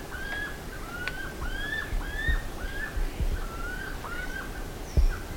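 Bird calling: rapid whistled notes with a rising then falling inflection, several in quick succession, plus clicks and low background rumble.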